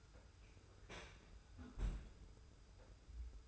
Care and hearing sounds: daily activity, microphone in the room; close fridge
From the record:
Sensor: 2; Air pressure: 990.9 hPa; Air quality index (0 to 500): 124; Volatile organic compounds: 101 ppm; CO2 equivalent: 3763 ppm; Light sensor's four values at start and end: 25/59/24/24 and 25/59/24/24

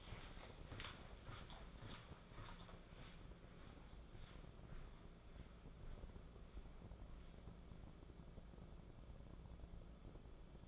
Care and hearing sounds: daily activity, microphone in the room; walk to room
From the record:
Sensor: 5

